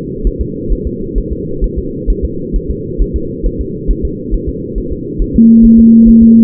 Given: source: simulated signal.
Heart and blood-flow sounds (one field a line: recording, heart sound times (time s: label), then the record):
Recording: fetal heart sounds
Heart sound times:
0.27 s: S1
0.41 s: S2
0.72 s: S1
0.87 s: S2
1.18 s: S1
1.32 s: S2
1.64 s: S1
1.79 s: S2
2.10 s: S1
2.25 s: S2
2.56 s: S1
2.71 s: S2
3.02 s: S1
3.16 s: S2
3.46 s: S1
3.61 s: S2
3.91 s: S1
4.05 s: S2
4.34 s: S1
4.49 s: S2
4.78 s: S1
4.92 s: S2
5.22 s: S1
5.36 s: S2
5.65 s: S1
5.79 s: S2
6.09 s: S1
6.23 s: S2
From the record:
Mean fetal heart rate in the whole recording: 135 bpm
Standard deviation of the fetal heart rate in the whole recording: 3 bpm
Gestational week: 36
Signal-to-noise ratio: -6.6 dB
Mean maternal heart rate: 72 bpm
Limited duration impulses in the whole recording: present